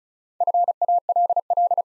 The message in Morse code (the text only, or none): FALL